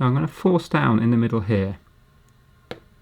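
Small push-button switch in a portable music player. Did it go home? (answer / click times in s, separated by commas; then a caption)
yes / 2.7 s. Someone talks while forcing down on the middle of a small push-button switch in a portable music player. After a short quiet pause, a single sharp click is heard at 2.7 s as the switch part clicks back into place.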